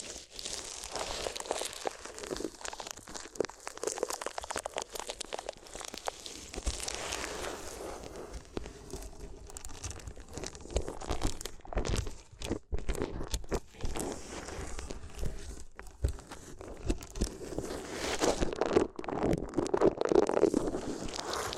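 Paper is crinkled and crunched in a dense, restless stream of crackles, with a brief tearing or scratching texture now and then. The sound stays busy throughout, growing louder and fuller in the last few seconds with sharper crunches.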